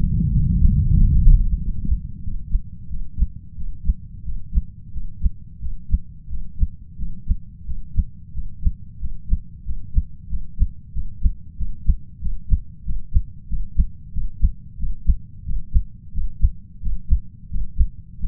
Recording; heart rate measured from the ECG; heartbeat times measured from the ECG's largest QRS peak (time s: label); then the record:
heart sounds by stethoscope; 91 bpm
0.31 s: heartbeat
0.94 s: heartbeat
1.57 s: heartbeat
2.22 s: heartbeat
2.88 s: heartbeat
3.55 s: heartbeat
4.23 s: heartbeat
4.91 s: heartbeat
5.59 s: heartbeat
6.28 s: heartbeat
6.96 s: heartbeat
7.64 s: heartbeat
8.32 s: heartbeat
8.98 s: heartbeat
9.63 s: heartbeat
10.28 s: heartbeat
10.92 s: heartbeat
11.56 s: heartbeat
12.20 s: heartbeat
12.84 s: heartbeat
13.47 s: heartbeat
14.12 s: heartbeat
14.78 s: heartbeat
15.44 s: heartbeat
16.12 s: heartbeat
16.81 s: heartbeat
17.49 s: heartbeat
18.18 s: heartbeat
From the record:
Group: healthy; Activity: breath hold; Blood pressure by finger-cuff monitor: 106/77 mmHg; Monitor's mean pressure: 86 mmHg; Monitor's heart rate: 92 bpm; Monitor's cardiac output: 6.8 L/min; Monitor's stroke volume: 73 mL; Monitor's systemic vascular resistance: 900 dyn s/cm5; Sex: male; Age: 33 years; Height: 179 cm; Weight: 80.4 kg